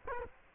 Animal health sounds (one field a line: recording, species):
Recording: mosquito wingbeat signal from an infrared sensor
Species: Culex quinquefasciatus